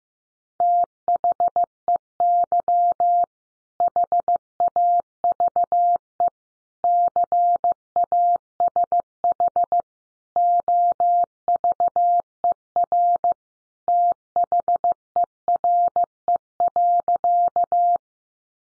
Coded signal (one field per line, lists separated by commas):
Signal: Morse code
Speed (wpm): 15 wpm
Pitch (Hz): 700 Hz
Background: none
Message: THEY HAVE CASH OVER THERE.